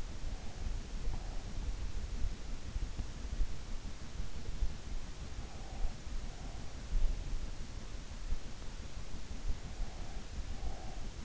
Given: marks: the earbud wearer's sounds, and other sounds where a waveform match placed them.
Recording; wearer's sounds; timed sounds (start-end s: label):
sounds in sleep by an in-ear microphone; breath
0.00-1.46 s: breath
5.34-6.76 s: breath
9.53-11.25 s: breath